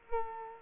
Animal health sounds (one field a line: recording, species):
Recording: mosquito wingbeat signal from an infrared sensor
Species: Culex quinquefasciatus